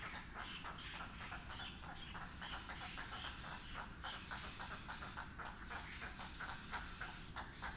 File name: Little Egret Calls Of Adult Arriving At Colony